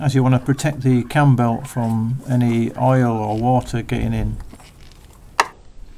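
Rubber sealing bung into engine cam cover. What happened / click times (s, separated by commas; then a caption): The rubber plug snapped home in its cover / 5.4 s. A greased rubber bung is pushed back into its hole in the cam belt cover of a Skoda Fabia Mk1 (1999–2007) 1.9 ATD engine during cam position sensor work, sealing it to keep oil and water off the cam belt. Someone talks for the first four seconds or so, then a few faint clicks of handling lead to a single sharp snap at 5.4 s as the bung seats firmly in place.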